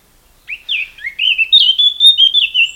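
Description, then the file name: Eurasian blackcap singing one rich warbling phrase that starts with slurred notes and runs into a loud series of clear, fluting whistles. "Sylvia atricapilla"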